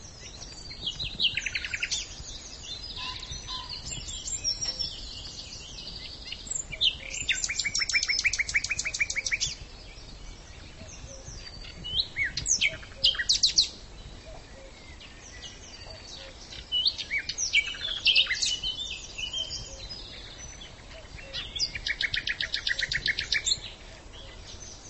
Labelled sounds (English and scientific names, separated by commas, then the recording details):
Common Nightingale (Luscinia megarhynchos) song
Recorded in the wild
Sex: male
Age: adult
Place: Lübars (Fließtal), Berlin, DE
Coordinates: 52.6167, 13.35
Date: 1999-05-01 10:35
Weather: fair, 15°C
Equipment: Nagra SN, Kopie Uher 4000 Report Monitor
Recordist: Tembrock, Günter